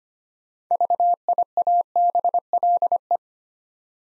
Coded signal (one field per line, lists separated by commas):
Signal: Morse code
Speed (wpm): 25 wpm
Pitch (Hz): 700 Hz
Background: none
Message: VIABLE